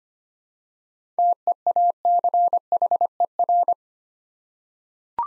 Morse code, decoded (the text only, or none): TEACHER